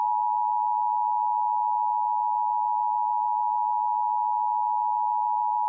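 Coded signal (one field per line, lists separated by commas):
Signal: Emergency Alert System (SAME) tones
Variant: 853 and 960 Hz attention tone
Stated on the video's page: Tornado warning EAS scenario; fictional, not a real alert.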